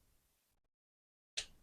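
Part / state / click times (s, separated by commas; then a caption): plastic armor piece into action figure body / seated / 1.4 s. A small plastic armor piece is pressed into its socket on a Taurus gold-armor action figure, and it snaps into place. After faint low noise and near silence, a single sharp click rings out at 1.4 s, and the piece is seated.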